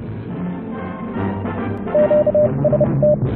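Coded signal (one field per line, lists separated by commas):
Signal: Morse code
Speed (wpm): 30 wpm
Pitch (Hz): 600 Hz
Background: radio noise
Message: QST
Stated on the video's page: Received on an SDRplay receiver inside a test chamber used for noise profiling of devices.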